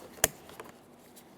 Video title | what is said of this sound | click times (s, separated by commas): How to Replace Front Power Window Motor & Regulator Assemblies 2013-2020 Ford Fusion | them in, listen for a click, making our way down the line. We've | 0.2 s